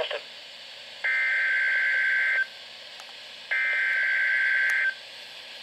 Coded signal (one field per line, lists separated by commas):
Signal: Emergency Alert System (SAME) tones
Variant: header bursts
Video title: Severe Thunderstorm Watch #82 (EAS Alert #978)